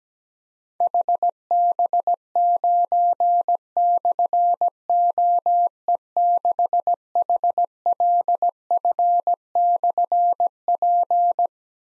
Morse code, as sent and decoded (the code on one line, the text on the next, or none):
.... -... ----. -..-. --- . -.... .... .-.. ..-. -..-. .--.
HB9/OE6HLF/P